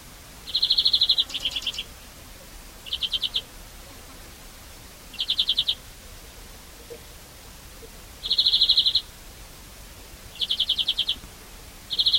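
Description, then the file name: European greenfinch giving repeated short rapid trills every two to three seconds, one followed by a brief buzzy note, with quiet background hiss. "Chloris chloris"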